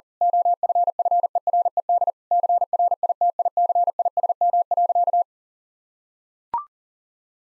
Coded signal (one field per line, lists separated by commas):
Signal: Morse code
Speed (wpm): 40 wpm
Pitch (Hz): 700 Hz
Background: none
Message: OFFERED CRITICISM.